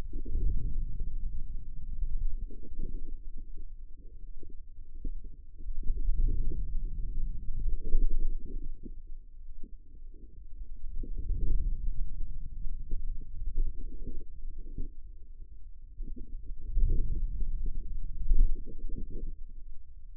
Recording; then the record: forearm muscle sounds (acoustic myography)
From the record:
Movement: ulnar deviation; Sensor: system 2, bracelet of six BSWA MPA416 microphones around the upper forearm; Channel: 6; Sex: female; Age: 25 years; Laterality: right